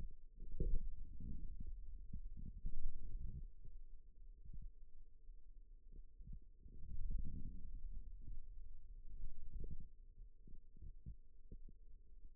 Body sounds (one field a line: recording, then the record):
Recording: forearm muscle sounds (acoustic myography)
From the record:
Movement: radial deviation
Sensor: system 2, bracelet of six BSWA MPA416 microphones around the upper forearm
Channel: 4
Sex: male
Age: 22 years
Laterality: right